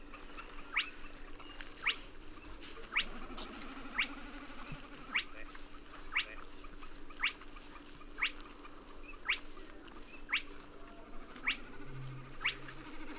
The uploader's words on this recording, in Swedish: Dalbyvikens ljudlandskap i maj. Längre fram på kvällen hör du vassångarens smattrande ljudmatta och den småfläckiga sumphönans monotona vissling. Ljuden är inspelade med Telingas SSM-mikrofon och en Olympus LS-14 samt PRO-8 MK2 parabolmikrofon och en Zoom H4.